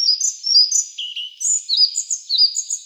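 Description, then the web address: Collared flycatcher vocalisation: a run of high, thin whistled notes, some sliding downward, in quick succession with no background sounds. "Ficedula albicollis"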